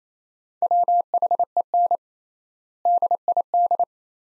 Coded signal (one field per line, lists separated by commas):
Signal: Morse code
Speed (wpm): 28 wpm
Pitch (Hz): 700 Hz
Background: none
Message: WHEN DID